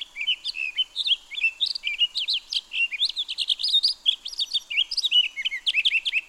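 Townsend's solitaire singing a rambling, unbroken warble of quick high whistles and trills that rise and fall constantly.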